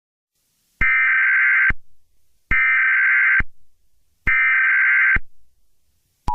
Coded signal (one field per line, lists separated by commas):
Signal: Emergency Alert System (SAME) tones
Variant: header bursts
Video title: EAS Scenario: End of America #edit #easalarm #easscenario